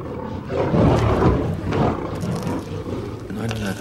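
Deep, rumbling lion roars, loud and throaty, swelling and subsiding over a few seconds before a lower growling snarl trails off at the end.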